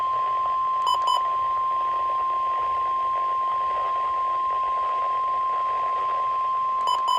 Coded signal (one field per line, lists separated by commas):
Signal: Emergency Alert System (SAME) tones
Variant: 1050 Hz attention tone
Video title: SLIGHTSANITY 13: AWAKENING FLOODS - EAS Alerts From 7/12/25 - 7/15/25 (EAS #4327-4379)